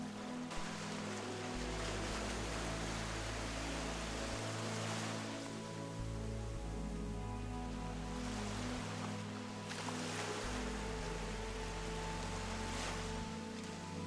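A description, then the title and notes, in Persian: Sea waves rush steadily with no quiet gaps, the hiss swelling brighter around five, nine to ten, and thirteen seconds. Underneath runs a deep, constant hum with low tones that shift in pitch every few seconds, like a motor. یک خواب آرام با امواج دریا.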